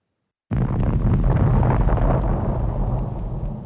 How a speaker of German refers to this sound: Sind das Kanonen? Fragt sich Betty Flanders im Halbschlaf.